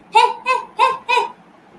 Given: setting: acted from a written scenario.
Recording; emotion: vocal sound without words; triumph